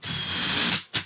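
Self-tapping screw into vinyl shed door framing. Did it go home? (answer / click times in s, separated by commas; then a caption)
no / none. A self-drilling, self-tapping screw is driven into vinyl shed door framing to secure the rod, making a steady high-pitched driver whir with a low grinding rumble from about 0.0 to 0.8 s, followed by a short second burst of whir around 1.0 s. The hole strips out from too much torque, and nothing has seated or clicked.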